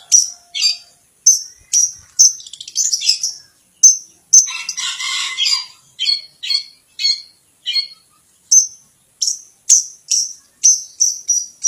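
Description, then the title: Long-tailed shrike song, separate high clipped whistles and chips with a burst of varied, buzzy, warbling notes in the middle, then evenly spaced sharp notes again. "Cendet"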